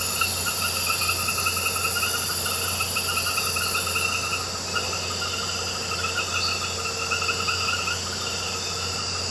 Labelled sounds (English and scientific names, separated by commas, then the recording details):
none
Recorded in pastures near Puerto Asís, Putumayo, Colombia, on 9 March 2025 at 21:30
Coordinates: 0.466, -76.322
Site CSA-02